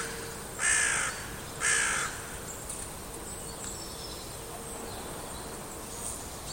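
Bird uttering two hoarse, raspy caws spaced about a second apart, followed by quiet background with faint high chirps and a low steady hum.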